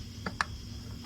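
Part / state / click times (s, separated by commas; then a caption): variator front pulley on scooter crankshaft / not seated / none. A Honda scooter's variator front pulley, fitted with 20 g sliders, is worked onto the crankshaft while the belt is held. Three short, sharp ticks sound at about 0.3, 0.4 and 1.1 seconds over a low steady hum. Nothing has seated or clicked home yet.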